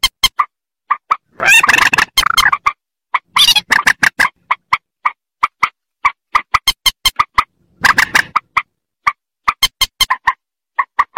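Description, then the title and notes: Rail uttering rapid, clipped nasal notes in a busy series, broken by several harsh, noisy rasping bursts. "Kicau Burung Mandar"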